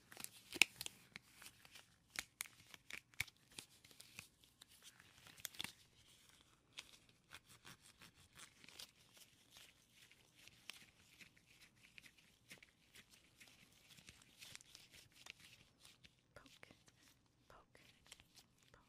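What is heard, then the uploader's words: Latex gloves rub and snap in a steady run of soft, crinkly taps and squeaks for the whole stretch. The sounds are dense and irregular, bright and thin, with a few sharper clicks early on, especially around the first few seconds. ASMR personal attention with latex gloves.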